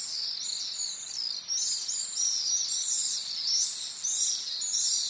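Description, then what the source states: Pacific swift screaming calls, a dense run of thin, high, buzzy trills rising and falling in waves without pause, over a soft steady hiss. Recorded 5 May 2010 at 08:56.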